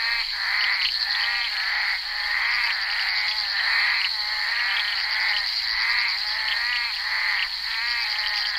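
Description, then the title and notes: Bullfrogs giving harsh croaks, several callers overlapping against a steady high-pitched background hum. Recorded during the filming of Henri Duparc's film Bal poussière, February 1988. "crapaux buffle. enregistré sur le tournage Bal poussière dhenri duparc en février 1988"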